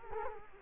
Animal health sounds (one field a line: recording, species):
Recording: mosquito wingbeat signal from an infrared sensor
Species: Culex quinquefasciatus